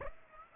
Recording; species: mosquito wingbeat signal from an infrared sensor; Aedes aegypti